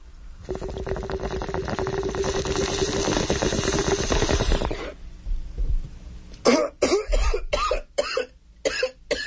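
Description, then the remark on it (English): A bong hit sound effect: about five seconds of steady, rattling water bubbling with a low gurgling hum, then a pause and a run of harsh, sputtering coughs in quick bursts. “Here's your bong hit.”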